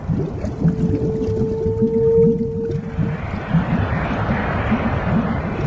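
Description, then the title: Whale call: a long steady tonal moan held for about three seconds with a faint higher overtone, over constant low rumbling water noise. Deep sea. "深海鲸鱼声，舒缓催眠"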